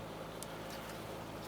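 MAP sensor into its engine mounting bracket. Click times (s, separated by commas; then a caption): 0.4 s. A new plastic MAP sensor for a 2004–2012 Chevy Colorado is pressed into its engine mounting bracket, with a steady low hum in the background. A single short, sharp click sounds at 0.4 s as both tabs lock into place and the sensor is seated.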